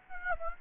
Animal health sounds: mosquito wingbeat signal from an infrared sensor; Aedes aegypti

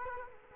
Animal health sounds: mosquito wingbeat signal from an infrared sensor; Culex quinquefasciatus

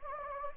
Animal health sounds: mosquito wingbeat signal from an infrared sensor; Anopheles gambiae

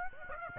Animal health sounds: mosquito wingbeat signal from an infrared sensor; Aedes aegypti

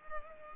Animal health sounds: mosquito wingbeat signal from an infrared sensor; Culex pipiens

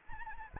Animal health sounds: mosquito wingbeat signal from an infrared sensor; Anopheles arabiensis

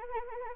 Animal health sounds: mosquito wingbeat signal from an infrared sensor; Anopheles arabiensis

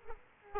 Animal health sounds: mosquito wingbeat signal from an infrared sensor; Aedes aegypti

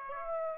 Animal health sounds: mosquito wingbeat signal from an infrared sensor; Aedes aegypti

